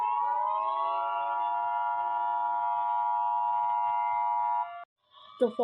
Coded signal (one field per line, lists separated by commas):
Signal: Emergency Alert System (SAME) tones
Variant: 853 and 960 Hz attention tone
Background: speech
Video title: Steve 'N' George EAS Scenario Part 10 Bad Ending